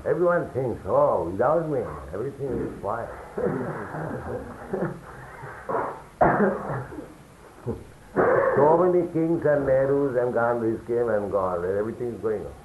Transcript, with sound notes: Everyone thinks, "Oh, without me everything will be spoiled." [laughter] So many kings and Nehrus and Gandhis came and gone, and everything is going on.